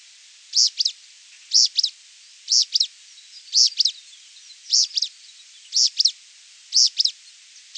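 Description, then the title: Pale-breasted spinetail calling a quick high two-note phrase, repeated steadily about once each second, with a quiet background. "LuckyPassaro Completos2Sama. Pale-breasted Spinetail (Synallaxis albescens)"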